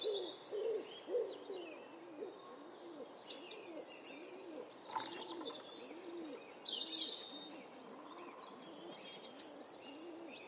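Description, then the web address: Eurasian blue tit call: two bouts of a high, thin falling note followed by a quick run of short clear notes, with a dove cooing steadily below and other soft chirps. "cianscape. Deverinetal"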